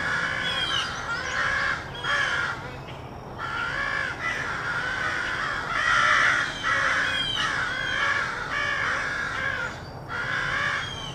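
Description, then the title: Crows calling in a rowdy chorus of harsh caws in uneven bursts. Rowdy crows loudly cawing in treetops of an urban park just after sunrise. "Field Recording: The Wild and Raucous Sounds of Crows Cawing in the Treetops"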